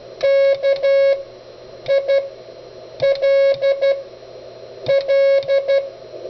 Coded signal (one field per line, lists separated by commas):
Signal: Morse code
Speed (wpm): 12 wpm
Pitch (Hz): 550 Hz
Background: none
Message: KILL